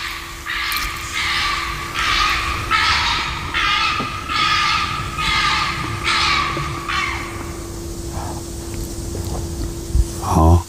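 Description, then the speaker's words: Raccoon dog giving a series of about seven harsh, hoarse barks, roughly one every second, over a steady humming tone, followed by a few fainter scattered sounds. Listener-submitted recording played again; a small whine with the bark is taken as a sign of raccoon dog; the species can also scream, squeak and cry. "Och man hör ju ett litet gnäll där med det här skallet i princip där också, så att det skulle ju vara en bra indikation på att det är mårdhunden också."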